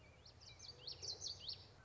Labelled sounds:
Common Yellowthroat (Geothlypis trichas)
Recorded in Sonoma County, California

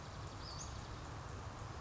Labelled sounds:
Western Flycatcher (Empidonax difficilis)
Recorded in Sonoma County, California

